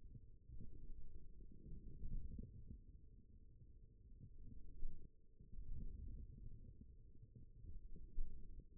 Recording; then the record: forearm muscle sounds (acoustic myography)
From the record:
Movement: forearm supination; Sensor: system 1, eight BSWA MPA416 microphones around the upper forearm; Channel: 4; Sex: male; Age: 41 years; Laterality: right